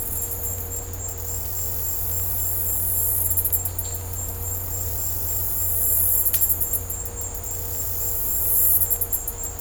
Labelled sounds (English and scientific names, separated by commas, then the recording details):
none
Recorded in dense forest near Puerto Asís, Putumayo, Colombia, on 22 December 2024 at 17:00
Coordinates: 0.503, -76.323
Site G043